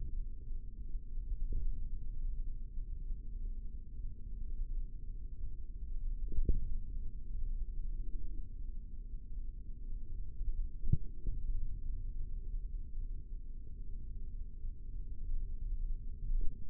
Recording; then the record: forearm muscle sounds (acoustic myography)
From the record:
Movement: index flexion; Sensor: system 3, bracelet of six PUI Audio POM-2738L microphones around the upper forearm, with dedicated amplification and filtering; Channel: 3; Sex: male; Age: 55 years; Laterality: right